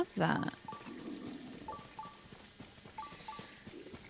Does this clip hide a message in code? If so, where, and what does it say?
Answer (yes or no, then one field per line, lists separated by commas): no